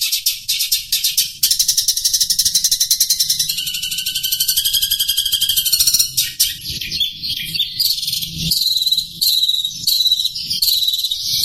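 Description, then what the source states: Long-tailed shrike song: fast, dense chattering, then a long buzzy trill with a lower whistled tone beneath, breaking into varied clipped notes. Pet bird named Teroris, owned by Om Renaldi; the recording has 30-second pauses.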